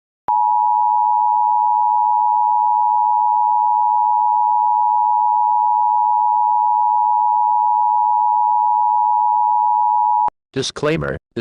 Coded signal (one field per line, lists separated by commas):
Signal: Emergency Alert System (SAME) tones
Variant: 853 and 960 Hz attention tone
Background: speech